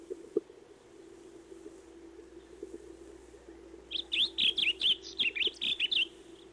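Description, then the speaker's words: Blue grosbeak song: a short, rapid, melodious warble of slurred notes, over a constant low hum. Gentle, melodious, warbling song; fairly common in open rural areas. "It sings a gentle, melodious, warbling song."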